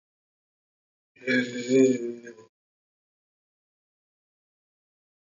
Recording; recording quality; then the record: sustained vowel as in made; excellent, no background noise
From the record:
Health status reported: COVID-19 positive, mild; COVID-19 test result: positive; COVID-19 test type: RT-PCR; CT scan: not taken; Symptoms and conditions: cough, fatigue, muscle pain, hypertension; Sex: male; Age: 35 years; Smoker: yes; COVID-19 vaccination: both doses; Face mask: worn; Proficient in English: yes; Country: India